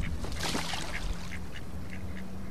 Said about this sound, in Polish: To co słychać? To islandzka kaczka.